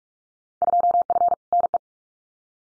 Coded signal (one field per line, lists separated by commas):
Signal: Morse code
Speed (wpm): 44 wpm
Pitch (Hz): 700 Hz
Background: none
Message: 2F NE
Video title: Field Day Exchange 45wpm